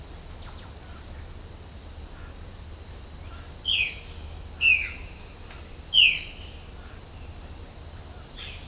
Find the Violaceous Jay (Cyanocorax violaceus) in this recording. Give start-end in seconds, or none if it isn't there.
3.23-6.74, 8.11-8.68